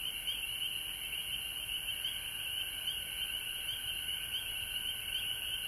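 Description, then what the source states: Frogs calling in a dense, continuous high chorus. Recorded at home in Georgia on March 19, 2020.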